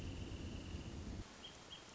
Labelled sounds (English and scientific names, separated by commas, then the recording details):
Wrentit (Chamaea fasciata)
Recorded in Sonoma County, California